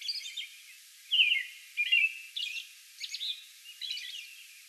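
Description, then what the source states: American robin giving a few whistled song phrases, some slurred, others higher and thinner. Song bout recorded May 11.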